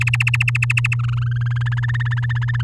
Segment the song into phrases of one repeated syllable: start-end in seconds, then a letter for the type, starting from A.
0.00-0.95 A, 0.99-1.63 B, 1.66-2.62 C